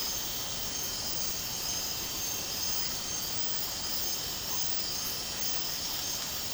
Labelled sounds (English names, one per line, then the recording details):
none
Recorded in dense forest near Puerto Asís, Putumayo, Colombia, on 12 March 2025 at 03:00
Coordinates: 0.467, -76.328
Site G041